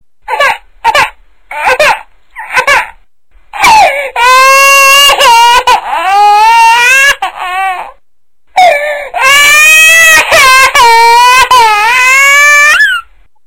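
Four short fussy whimpers open, then a baby breaks into loud, sustained, high-pitched wails with shaky breaks between them. After a brief pause for breath, the crying starts again just as strongly. An ordinary infant cry.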